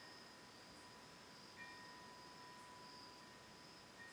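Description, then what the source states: Cricket trilling steadily and high. Autumn night, October 10, 2020, at a lakeside home on Cayuga Lake in Ithaca, New York.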